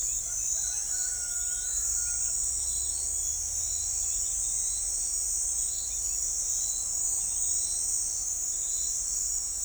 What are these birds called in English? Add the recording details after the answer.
none. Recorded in forest near Pivijay, Magdalena, Colombia, on 1 June 2023 at 05:00. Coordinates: 10.467, -74.380. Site Z5-G034